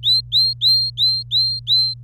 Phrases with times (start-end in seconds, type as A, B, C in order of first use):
0.03-1.94 A